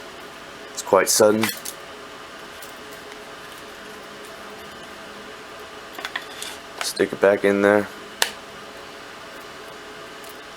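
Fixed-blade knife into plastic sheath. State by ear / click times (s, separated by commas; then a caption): seated / 8.2 s. A fixed-blade knife is pushed back into its plastic (Kydex) sheath after being drawn, while someone talks around 1 s and again from about 6.9 to 7.9 s. A few small handling clicks come before a single sharp snap at 8.2 s as the knife seats in the sheath.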